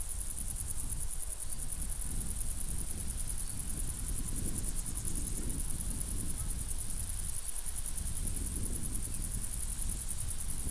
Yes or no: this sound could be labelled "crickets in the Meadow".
yes